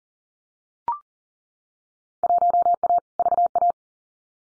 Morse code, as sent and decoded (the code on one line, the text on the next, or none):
.---- .- / ...- .-
1A VA